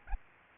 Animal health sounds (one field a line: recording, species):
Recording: mosquito wingbeat signal from an infrared sensor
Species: Aedes albopictus